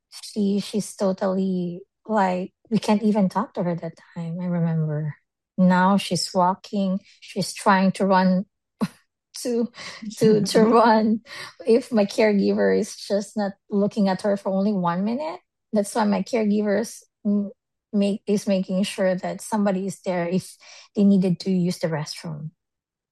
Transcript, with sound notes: she's totally like... We can't even talk to her that time, I remember. Now, she's walking. She's trying to run, (laughs) to, to, to run. If my caregiver is just not looking at her for only one minute, that's when my caregiver's m- make... is making sure that somebody is there if they needed to use the restroom.